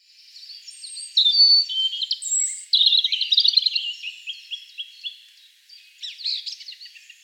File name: Erithacus rubecula